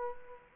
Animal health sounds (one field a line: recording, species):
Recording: mosquito wingbeat signal from an infrared sensor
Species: Culex quinquefasciatus